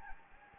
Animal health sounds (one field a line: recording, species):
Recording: mosquito wingbeat signal from an infrared sensor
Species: Anopheles gambiae